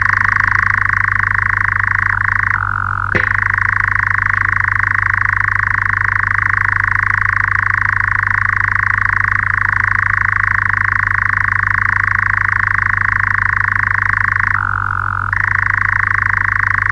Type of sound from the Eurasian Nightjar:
song